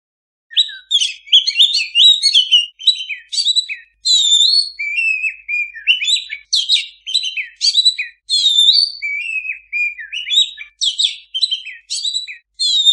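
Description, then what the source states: Oriental magpie-robin pouring out a long, nearly unbroken song of varied whistles, slurred notes and scratchy chirps, phrases changing constantly for over twelve seconds. Master recording (masteran) of a vigorously singing (gacor) kacer, intended to be played for owners' kacer that do not sing (bisu).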